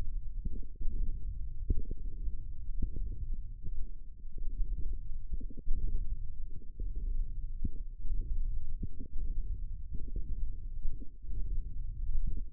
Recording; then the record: forearm muscle sounds (acoustic myography)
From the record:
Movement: hand closing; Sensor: system 1, eight BSWA MPA416 microphones around the upper forearm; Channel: 8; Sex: female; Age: 22 years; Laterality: right